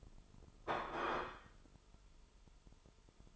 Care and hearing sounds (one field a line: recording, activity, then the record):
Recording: daily activity, microphone in the room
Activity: place plate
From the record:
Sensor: 5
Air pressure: 988.7 hPa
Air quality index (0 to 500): 235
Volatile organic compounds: 196 ppm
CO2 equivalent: 4199 ppm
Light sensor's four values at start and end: 40/125/48/52 and 40/125/48/52